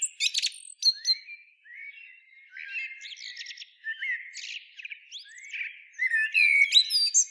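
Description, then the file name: Common blackbird with sharp high chips, rising whistled slurs and steady warbled phrases building to a louder squeaky twittering passage at the end. "Turdus merula"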